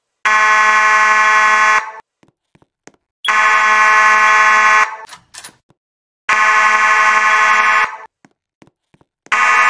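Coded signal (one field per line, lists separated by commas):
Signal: alarm pattern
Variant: slow march time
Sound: harsh buzzing fire alarm horn, on about 1.5 s, off about 1.5 s, repeating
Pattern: slow march time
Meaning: Fire alarm sounding: evacuate the building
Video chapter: Slow March Time / 4:90 March Time 8:40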